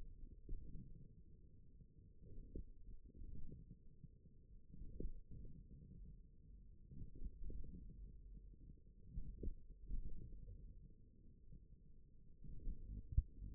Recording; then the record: forearm muscle sounds (acoustic myography)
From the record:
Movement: wrist flexion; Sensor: system 1, eight BSWA MPA416 microphones around the upper forearm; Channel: 4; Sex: male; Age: 41 years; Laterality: right